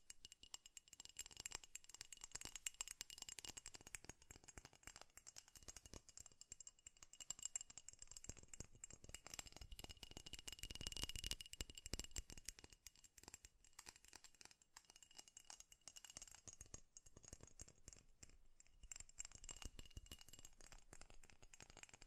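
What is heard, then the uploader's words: Fast ASMR tapping in a dense, steady rattle of crisp clicks, swelling briefly louder around eleven seconds, with faint high tones running underneath. ASMR 3D Fast Tapping.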